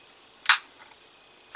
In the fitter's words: we go now it snapped in place very good so that's how that looks there